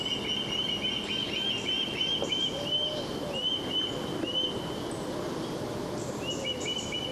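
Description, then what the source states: Western osprey calls: several short upslurred whistled notes. Several ospreys calling, recorded from the end of a forest road with forest between recorder and birds.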